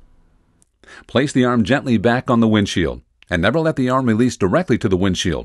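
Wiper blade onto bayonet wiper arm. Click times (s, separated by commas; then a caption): 0.6 s, 0.8 s. A Michelin Stealth Ultra windshield wiper blade is slid onto a bayonet-style wiper arm until its plastic adapter latches, giving two short clicks at 0.6 s and 0.8 s. The blade is seated on the arm, and then someone talks.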